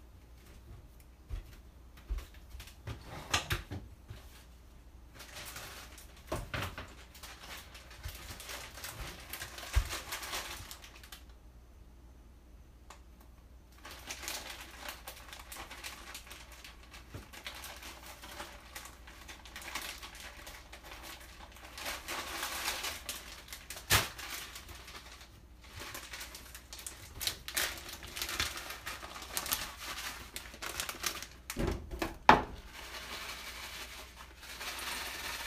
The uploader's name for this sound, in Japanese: お好み焼きを焼く